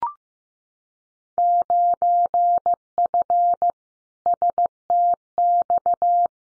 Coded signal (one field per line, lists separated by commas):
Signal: Morse code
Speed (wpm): 15 wpm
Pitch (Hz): 700 Hz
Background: none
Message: 9F STX